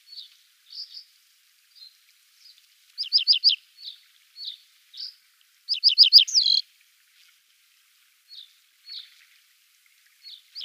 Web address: Schulze Peter Little Bunting song